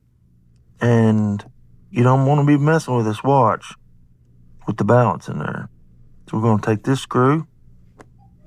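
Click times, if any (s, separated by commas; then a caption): 8.0 s. A tiny steel screw holding the balance cock in a ladies' Rolex wristwatch movement is unscrewed until its thread disengages. Someone talks for most of the clip, and at 8.0 s a small, sharp pop is heard as the screw thread releases.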